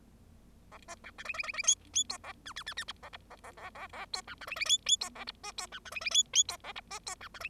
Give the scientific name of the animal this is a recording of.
Lonchura striata domestica